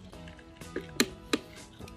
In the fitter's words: and then we start picking the bolts until it clicks okay